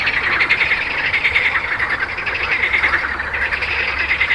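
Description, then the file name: Frog chorus of fast, rattling pulses repeating without break, with occasional sharper high notes above the steady background of calls. "grenouilles"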